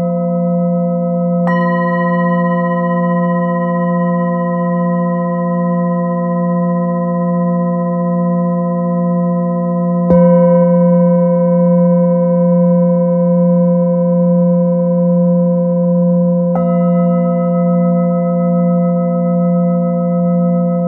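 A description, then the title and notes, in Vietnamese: A Nepalese singing bowl hums with a deep, steady drone and a stack of bright ringing overtones that hold for the whole clip. Fresh strikes land near 1.5, 10 and 16.5 seconds, each adding a brief shimmer before the tone settles, swelling slightly after the middle strike. Thư giãn cùng chuông xoay Nepal.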